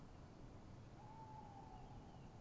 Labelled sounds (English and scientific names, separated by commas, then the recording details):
Tawny Owl (Strix aluco)
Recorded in Germany
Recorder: ecoPi